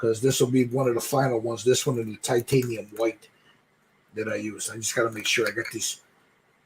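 A man talks while handling a titanium white pastel pan with a plastic lid, getting ready to close it by pressing its tabs down. The lid's tabs have not clicked shut yet, and no sharp sound stands out, only speech with a pause near the middle.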